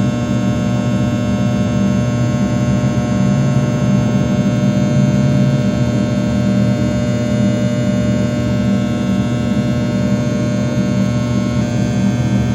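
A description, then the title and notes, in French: Office neon lighting gives off a steady electrical hum that holds unchanged for the whole clip. The drone is strongest low down, with a stack of fine, thin tones above it and a faint buzzy hiss. Nothing else happens; the level stays flat throughout. Eclairage néon de bureau.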